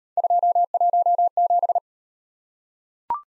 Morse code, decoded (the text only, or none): 217